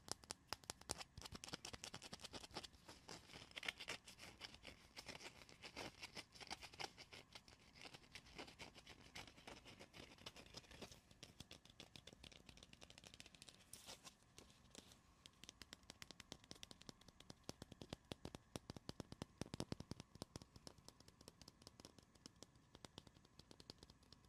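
Dense, rapid tapping and scratching clicks continue throughout, sharp and crackly, with a steady hum and slightly busier bursts near the middle.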